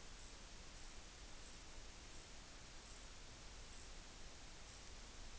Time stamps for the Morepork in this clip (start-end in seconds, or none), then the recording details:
none. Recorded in New Zealand on 14 June 2013. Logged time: 02:27. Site Ponui